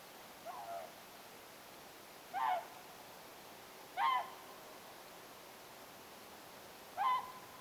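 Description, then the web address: Whooper swan calls: four nasal, harmonic-rich honks at irregular intervals, the first one fainter, over a steady background hiss. Young bird calling in flight, recorded 29 October 2025. "29 10 2025 nuoren laulujoutsenen aantelya lennossa"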